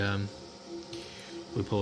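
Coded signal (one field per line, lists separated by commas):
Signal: none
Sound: device beeps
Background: speech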